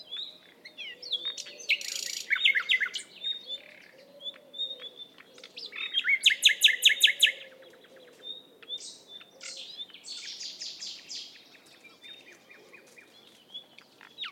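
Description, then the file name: Common nightingale singing varied phrases: loud rapid rattling trills, a loud burst of repeated notes, and scattered whistles. "Luscinia megarhynchos"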